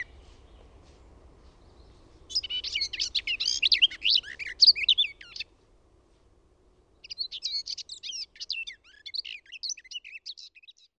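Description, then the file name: Garden warbler song: two long, rapid, warbling phrases of mixed chattering and melodic notes, the first lasting about three seconds, the second about four seconds after a pause. "LEHTOKERTTU"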